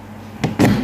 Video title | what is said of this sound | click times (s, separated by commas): Cara Bongkar Pasang Lemari Plastik Napolly Rotan | oke kita tekan ke bawah Sampai bunyi klek nah | 0.4 s